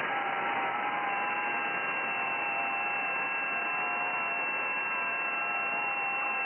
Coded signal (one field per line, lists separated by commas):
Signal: FT8